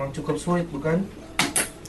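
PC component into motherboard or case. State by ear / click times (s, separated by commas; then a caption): seated / 1.4 s, 1.6 s. A PC component is pressed into place in a motherboard or case during PC assembly, and it is fairly hard to seat. Someone talks, then two sharp clicks at 1.4 s and 1.6 s show the component has locked into place.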